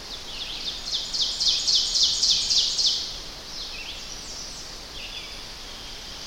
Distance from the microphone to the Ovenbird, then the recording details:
about 25 m. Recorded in boreal forest in Alberta, Canada, on 10 June 2016 at 06:56. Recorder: SongMeter 3, array SBT-3-39. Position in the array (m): 196 m, 89 m. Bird 17